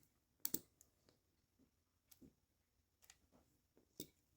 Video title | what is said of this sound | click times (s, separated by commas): Asahi Pentax S3 - The End of the Repair Journey? | now it clicked | 0.5 s